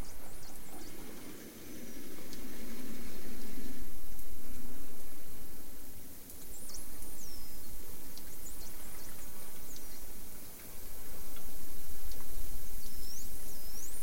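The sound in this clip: Dolphin whistles, several thin high rising and falling sweeps, over steady underwater hiss and low rumble with faint ticking clicks.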